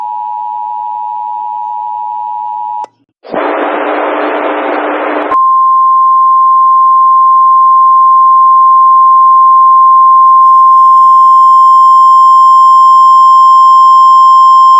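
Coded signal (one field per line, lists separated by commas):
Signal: Emergency Alert System (SAME) tones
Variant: 853 and 960 Hz attention tone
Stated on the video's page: Real Child Abduction Emergency (AMBER Alert) EAS relay for Southern California, extended from an Albuquerque alert.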